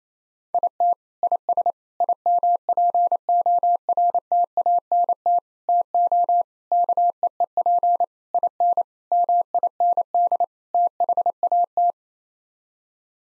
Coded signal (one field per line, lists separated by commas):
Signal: Morse code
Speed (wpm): 28 wpm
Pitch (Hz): 700 Hz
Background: none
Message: IT IS IMPORTANT TO KEEP IN MIND THAT